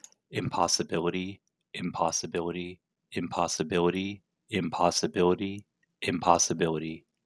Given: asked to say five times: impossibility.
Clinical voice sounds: repeated word; male; 40 to 49 years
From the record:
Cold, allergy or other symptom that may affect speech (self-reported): no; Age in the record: 48 years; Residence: Oregon, United States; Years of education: 14

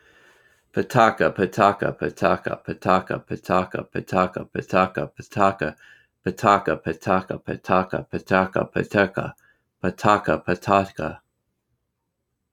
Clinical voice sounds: repeated syllables /pa ta ka/; male; 30 to 39 years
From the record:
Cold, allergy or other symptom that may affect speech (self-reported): no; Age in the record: 38 years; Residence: Texas, United States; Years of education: 16

